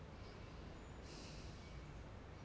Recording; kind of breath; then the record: one breath in and out by a microphone near the nose and mouth; normal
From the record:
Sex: male